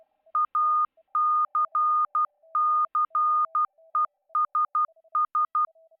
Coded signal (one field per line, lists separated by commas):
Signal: Morse code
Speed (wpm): 12 wpm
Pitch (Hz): 1220 Hz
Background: none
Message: ACCESS